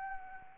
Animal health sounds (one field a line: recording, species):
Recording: mosquito wingbeat signal from an infrared sensor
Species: Anopheles arabiensis